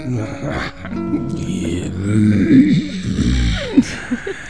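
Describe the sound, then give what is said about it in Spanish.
A person growls with their voice, a low, rough, rumbling sound that rises and falls in several uneven bursts over a few seconds, with harsh throaty texture throughout. “Es un gruñido.”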